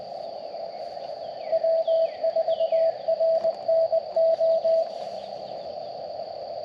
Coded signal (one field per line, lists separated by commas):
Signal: Morse code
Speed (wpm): 20 wpm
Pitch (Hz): 660 Hz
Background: none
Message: W4RNO